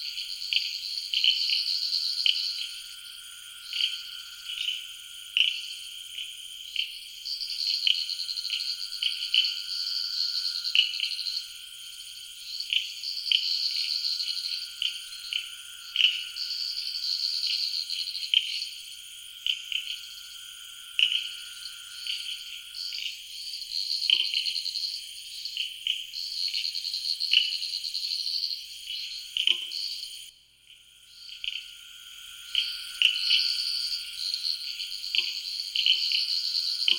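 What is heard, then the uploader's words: A night wetland chorus of frogs and insects fills the clip, a dense, bright trilling that pulses in overlapping waves and never stops. A faint steady tone runs beneath until about twenty-two seconds, and the chorus briefly drops out near thirty seconds before resuming. Samuel Kudjodzi's field recording of wetlands at midnight in Ghana. Ghana wetland insects reimagined by Joseph Chaves.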